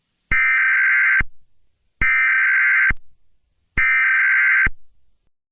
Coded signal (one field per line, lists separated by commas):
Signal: Emergency Alert System (SAME) tones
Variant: header bursts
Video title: eas scenario this is fake odontusmachus gigas